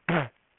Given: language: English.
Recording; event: throat vibration sensor signal played as sound; throat clearing